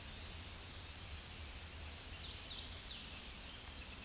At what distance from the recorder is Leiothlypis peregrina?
about 40 m